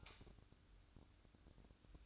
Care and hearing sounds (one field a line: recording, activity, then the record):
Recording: daily activity, microphone in the room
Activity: light off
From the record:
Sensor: 2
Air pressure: 1007.7 hPa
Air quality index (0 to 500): 87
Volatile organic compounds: 1 ppm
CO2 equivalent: 669 ppm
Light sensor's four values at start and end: 10/27/11/10 and 7/16/6/6